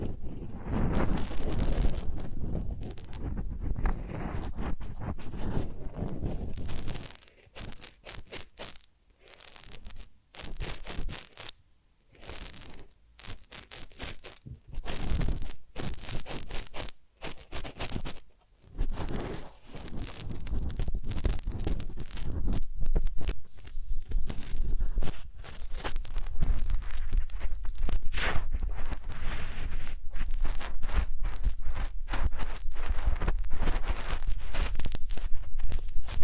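Close rubbing and crunching sounds of a massage and ear cleaning, dense and scratchy, with quick irregular strokes. Between about 7 and 20 seconds the sound breaks into short bursts separated by brief silences, then settles into steady continuous rubbing through the end.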